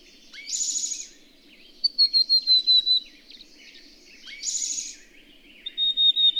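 Songbird alternating hissing, buzzy bursts with rapid strings of sharp, high whistled notes that fall slightly in pitch, over a faint low background hum.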